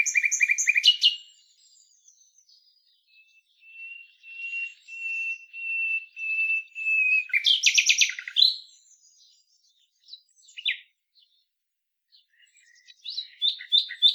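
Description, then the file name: Common nightingale song: a fast rattling burst, a drawn-out series of quiet pure whistles growing louder, a loud churring burst, then scattered sharp notes and a final chattering phrase. "Luscinia megarhynchos"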